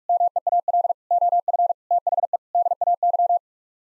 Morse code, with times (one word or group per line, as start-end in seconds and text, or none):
0.1-0.9 MEAL
1.1-1.7 OF
1.9-2.4 THE
2.5-3.4 DAY